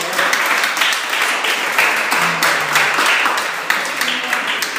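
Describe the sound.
An audience at a church service applauds a Bible teacher steadily for several seconds, a dense, even wash of many hands clapping at once, with a faint murmur of voices underneath.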